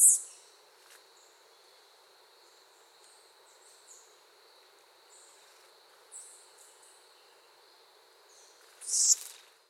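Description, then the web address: Bird uttering short, high-pitched chips at the start and end, with scattered fainter squeaky notes between them and a steady thin background whine. Call, recorded in Costa Rican cloud forest. "Birds of the Costa Rican Cloud Forest Call"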